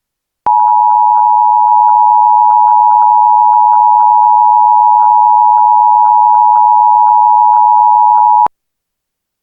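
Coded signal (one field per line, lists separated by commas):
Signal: Emergency Alert System (SAME) tones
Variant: 853 and 960 Hz attention tone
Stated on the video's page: EAS alert audio aired on AM broadcast station WJR Detroit.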